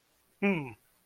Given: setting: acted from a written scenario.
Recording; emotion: vocal sound without words; confusion